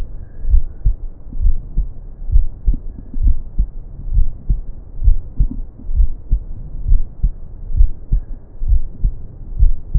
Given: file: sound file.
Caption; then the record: Heart sound recorded in a patient of Type II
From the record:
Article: A two-stage amplified PZT sensor for monitoring lung and heart sounds in discharged pneumonia patients